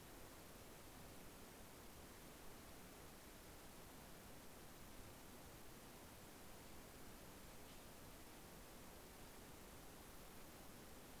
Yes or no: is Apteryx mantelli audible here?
no